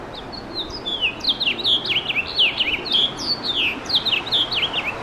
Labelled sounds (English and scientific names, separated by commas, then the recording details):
House Finch (Haemorhous mexicanus) song
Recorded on Long Island, New York, on 3 June 2012
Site FB
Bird A